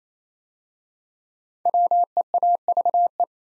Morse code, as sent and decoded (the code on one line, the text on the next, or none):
.-- . .- ...- .
WEAVE